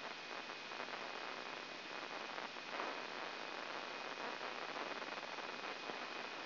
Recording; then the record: brain microelectrode recording played as sound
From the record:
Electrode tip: inside the subthalamic nucleus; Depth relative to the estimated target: 0 mm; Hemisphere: right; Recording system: AlphaMap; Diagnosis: Parkinson's disease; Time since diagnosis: 9 years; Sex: male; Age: 53 years